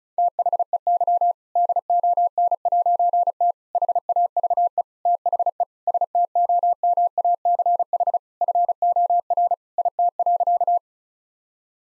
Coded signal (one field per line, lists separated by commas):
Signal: Morse code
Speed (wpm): 34 wpm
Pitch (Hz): 700 Hz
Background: none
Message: THEY DON'T HAVE THE STOMACH FOR IT.